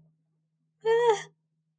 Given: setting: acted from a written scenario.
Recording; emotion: vocal sound without words; distress